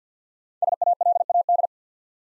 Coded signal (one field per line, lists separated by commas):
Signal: Morse code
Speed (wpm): 48 wpm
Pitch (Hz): 700 Hz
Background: none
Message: SALAD